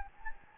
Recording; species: mosquito wingbeat signal from an infrared sensor; Anopheles gambiae